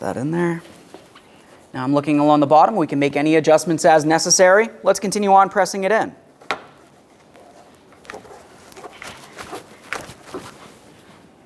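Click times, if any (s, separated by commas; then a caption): 6.5 s, 9.9 s. Someone talks while pressing a new plastic front license plate bracket against the front bumper of a 2004-2008 Ford F-150, then each of its two locking tabs clicks into its bumper slot, at 6.5 s and 9.9 s. Several quieter taps and small knocks are heard between the clicks, and the bracket ends up seated.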